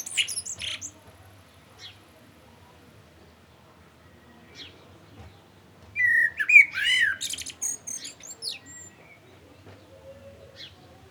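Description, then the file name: Common blackbird song: one strong phrase of mellow whistles running into high twitters midway, with fainter song fragments before it. "Turdus merula"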